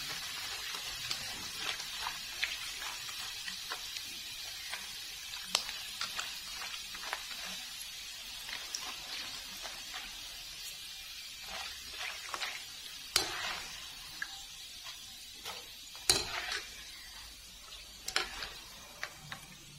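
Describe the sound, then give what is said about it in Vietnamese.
Steady crackling hiss of food frying in hot oil, with frequent sharp pops and spits scattered irregularly throughout, no voices present. “Này chiên nó nhanh lắm.”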